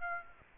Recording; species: mosquito wingbeat signal from an infrared sensor; Aedes aegypti